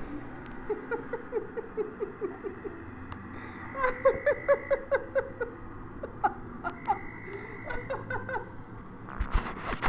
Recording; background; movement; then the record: laughter; traffic; sitting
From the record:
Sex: female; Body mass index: 21.8 kg/m2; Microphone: on the chest, facing the body